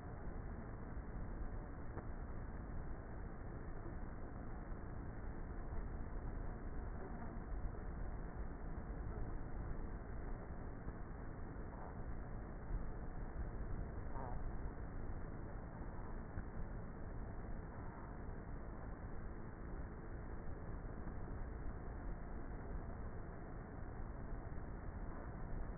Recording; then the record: honeybee colony, microphone inside the hive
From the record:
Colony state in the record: queenless with a low population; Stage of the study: before two queens were removed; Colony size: about 30,000 bees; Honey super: no